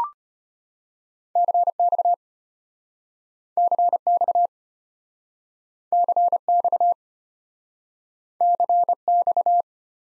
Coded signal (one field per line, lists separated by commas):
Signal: Morse code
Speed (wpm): 33 wpm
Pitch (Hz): 700 Hz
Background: none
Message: CX CX CX CX